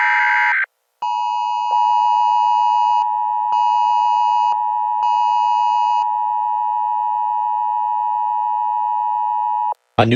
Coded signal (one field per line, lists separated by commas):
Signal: Emergency Alert System (SAME) tones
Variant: 853 and 960 Hz attention tone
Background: speech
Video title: Eas scenario: night of the living dead